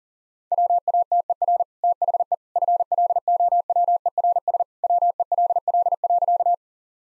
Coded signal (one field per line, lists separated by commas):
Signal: Morse code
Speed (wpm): 40 wpm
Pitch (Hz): 700 Hz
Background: none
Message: WATER THE FLOWERS WELL.